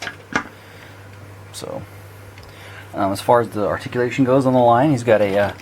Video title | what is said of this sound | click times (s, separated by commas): Mattel Club Lion Force: Black Lion and Voltron | this is how the handle just snapped onto the um blazing sword there | 0.4 s